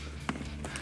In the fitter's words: this clips down and locks into place